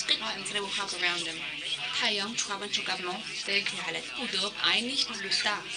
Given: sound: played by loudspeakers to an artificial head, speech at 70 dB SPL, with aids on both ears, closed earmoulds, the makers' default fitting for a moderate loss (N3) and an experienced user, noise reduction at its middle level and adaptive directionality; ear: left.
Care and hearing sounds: speech test signal (ISTS) in cocktail-party noise; +9 dB; on the right (90 degrees)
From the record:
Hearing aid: class 2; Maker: A

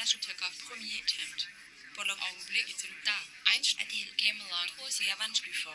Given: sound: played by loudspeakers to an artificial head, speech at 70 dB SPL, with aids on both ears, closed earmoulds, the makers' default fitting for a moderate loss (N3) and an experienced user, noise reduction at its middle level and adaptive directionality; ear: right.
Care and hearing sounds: speech test signal (ISTS) in cocktail-party noise; +3 dB; in front (0 degrees)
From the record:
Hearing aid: class 2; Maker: H

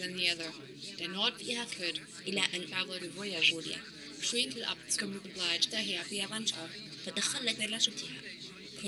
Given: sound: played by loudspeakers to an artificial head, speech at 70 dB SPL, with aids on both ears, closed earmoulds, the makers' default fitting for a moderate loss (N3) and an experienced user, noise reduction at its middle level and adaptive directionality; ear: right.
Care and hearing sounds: speech test signal (ISTS) in cocktail-party noise; +3 dB; on the right (90 degrees)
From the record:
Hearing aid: class 2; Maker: J

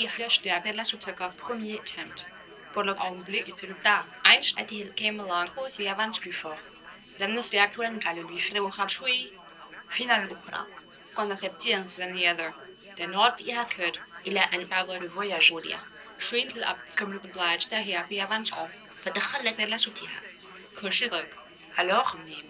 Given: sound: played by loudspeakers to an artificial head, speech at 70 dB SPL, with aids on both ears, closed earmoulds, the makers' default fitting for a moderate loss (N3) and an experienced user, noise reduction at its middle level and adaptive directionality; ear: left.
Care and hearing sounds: speech test signal (ISTS) in cocktail-party noise; +9 dB; in front (0 degrees)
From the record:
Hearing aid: class 2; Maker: E

